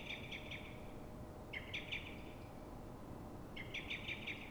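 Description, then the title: Common blackbird giving rapid metallic chinking alarm notes in three short bursts, with a continuous low background hum. Calling at dawn in Fuenlabrada, Madrid, Spain; frightened or threatened, probably by another blackbird; recorded twenty minutes after earlier calls; Zoom H1n recorder. "Pl. de Francisco Escolar, 10, Fuenlabrada, Madrid, España - Mirlo asustado"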